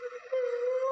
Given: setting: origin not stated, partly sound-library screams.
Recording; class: one-second piece from a danger detection set; woman in danger